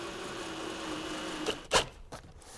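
A power driver spins a plastic square-drive fastener through a membrane plate into a tectum roof deck, its steady motor whine running until a sharp click at 1.5 s, followed by a louder broadband burst and a softer knock. The fastener sits flush and seated, driven with care because impact drivers easily strip these plastic fasteners.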